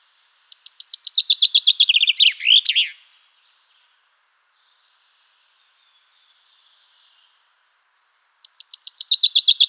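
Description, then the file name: Common chaffinch song: a loud descending series of sweet notes closing in a brisk flourish, delivered once, then starting again after several seconds of quiet. "Fringilla coelebs"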